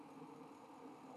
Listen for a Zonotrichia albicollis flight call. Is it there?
no